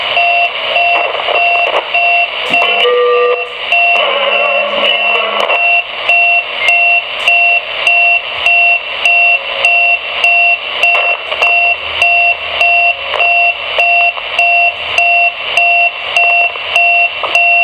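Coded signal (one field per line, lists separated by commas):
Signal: unidentified radio signal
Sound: steady rapid beeping, two-tone chord, about 30 beeps repeating evenly over static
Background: radio static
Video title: Strange Beeping on CB Band 11 Meters 27MHz Band - 27.395 MHz CB Radio Channel 39 “Roger Beep” Sounds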